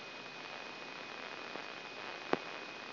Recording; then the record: brain microelectrode recording played as sound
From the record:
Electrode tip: inside the subthalamic nucleus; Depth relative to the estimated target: -2 mm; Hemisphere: left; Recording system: AlphaMap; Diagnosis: Parkinson's disease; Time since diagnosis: 16 years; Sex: male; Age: 60 years